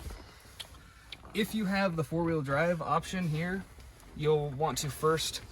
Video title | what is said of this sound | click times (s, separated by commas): 2011-2021 Jeep Grand Cherokee WK2 Cup Holder Trim Replacement | You just pull up and that pops right out. | 0.6 s, 1.1 s